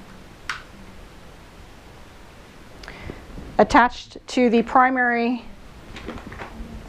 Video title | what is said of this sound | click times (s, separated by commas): PC VetCheck Telemetry ECG | so it lines up really easily with the outlet and just snaps right in | 0.5 s